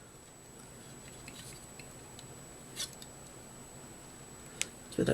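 A folding plastic part on a 1/144 scale HGUC Gaza C Haman Karn Custom plastic model kit is folded up and pushed along the kit body, with faint ticking handling sounds in a quiet background. It snaps into its locked position with a sharp click at 4.6 s, followed by a brief rustle.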